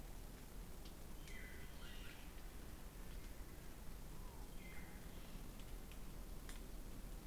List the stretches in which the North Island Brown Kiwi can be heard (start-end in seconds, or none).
none